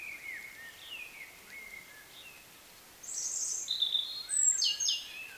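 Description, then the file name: European robin song: faint lower warbles first, then a loud burst of high, shrill twittering and thin whistled notes in the second half. "Erithacus rubecula"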